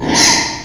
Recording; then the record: squeal of a Yucatan mini pig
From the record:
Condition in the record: before surgery on the right vocal fold (resection and tissue-engineered implant); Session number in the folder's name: 2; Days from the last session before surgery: 0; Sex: male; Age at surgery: 12 weeks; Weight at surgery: 13 kg